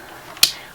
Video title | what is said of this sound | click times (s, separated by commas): The Perfect Helmet for NEUROTIC eBike Moms | They just have to get close to each other and it just locks into place. | 0.4 s